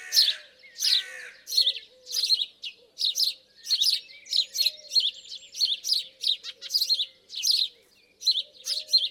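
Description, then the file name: House sparrow uttering rapid harsh chirps, roughly one and a half per second, some notes sliding downward, with faint low cooing beneath. "Passer domesticus"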